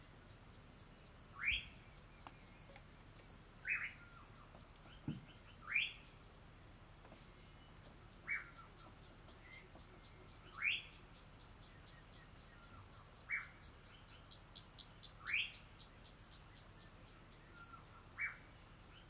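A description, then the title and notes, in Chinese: Jungle birds call in short, rising whistles roughly every two to three seconds, over a steady high insect buzz and faint low rumble. 巴布亚新几内亚卡拉瓦里_丛林的鸟叫。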